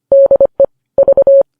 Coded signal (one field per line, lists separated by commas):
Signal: Morse code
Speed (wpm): 25 wpm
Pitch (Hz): 550 Hz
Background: none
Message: DE V